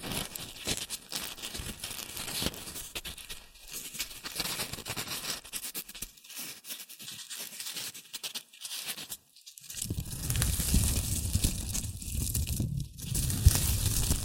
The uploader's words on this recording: ASMR Rustling and Crinkle Sounds.